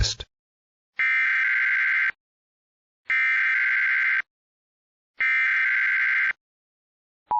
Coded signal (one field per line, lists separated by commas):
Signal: Emergency Alert System (SAME) tones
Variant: header bursts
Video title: EAS 156-159 - 2 Alerts from Milton + 3 Test Alerts